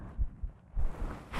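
Heart by stethoscope: a normal adult heartbeat at rest, before exercise.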